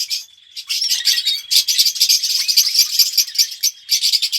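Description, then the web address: Red-rumped parrot chattering song, dense scratchy twittering and buzzy trills in quick rapid bursts, with a short pause near the start. "pevcii popugai. parrots psephotus-haematonotus"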